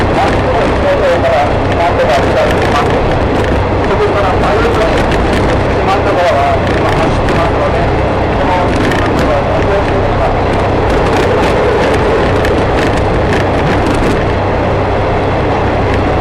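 A ride aboard the Shimanto Torokko No. 2 on the Yodo Line, from Ekawasaki to Tosa-Taishō. A steady low rumble of the train runs throughout with dense clattering. Chattering voices of passengers sit on top, constant for the full sixteen seconds.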